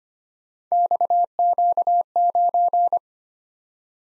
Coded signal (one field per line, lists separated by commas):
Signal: Morse code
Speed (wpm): 25 wpm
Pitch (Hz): 700 Hz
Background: none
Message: XQ9